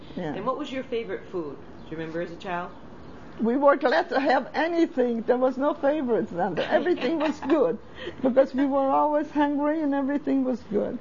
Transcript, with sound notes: And what was your favorite food, do you remember, as a child?
We were glad to have anything. There was no favorites down there. (laughs) Everything was good, because we were always hungry, and everything was good.